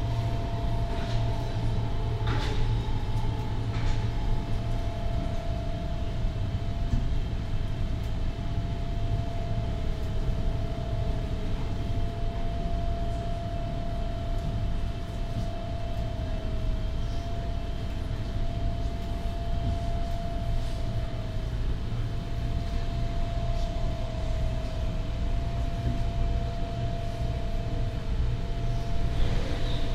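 A train runs steadily with a dense, constant low rumble and rattle throughout. A sustained mid-pitched tone hums along for most of the half minute, wavering slightly, with a fainter higher whine above. Brief clicks and knocks occur near the start and end; no voices.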